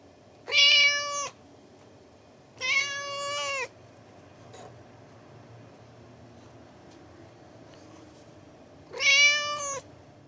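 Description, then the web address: Persian cat meowing three times, two close together early and a third after a long pause, each clear, tonal and evenly pitched. Persian cat miaowing. "BBC Cats BBC"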